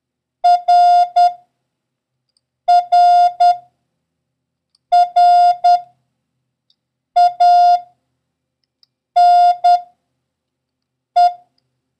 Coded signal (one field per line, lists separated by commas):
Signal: Morse code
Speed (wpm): 10 wpm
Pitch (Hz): 710 Hz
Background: none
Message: RRRANE